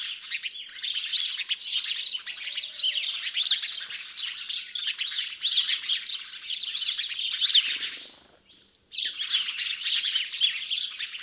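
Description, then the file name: House sparrows chattering with continuous overlapping chirps for about eight seconds, a short silence, then the busy chirping starts again. "Passer domesticus"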